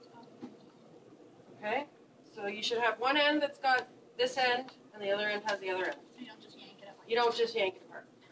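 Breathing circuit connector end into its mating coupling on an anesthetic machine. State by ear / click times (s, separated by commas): not seated / none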